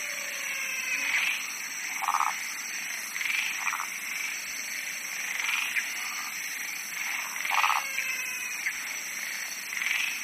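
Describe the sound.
Frog chorus with pulsed, rattling croaks at two pitches, repeated roughly every one to two seconds, over a constant shrill background drone.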